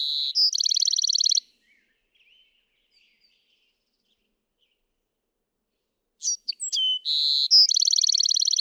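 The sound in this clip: Bewick's wren song, the tail of one rapid high trill, then a pause with faint soft notes before a full song of sharp notes, buzz and quick trill.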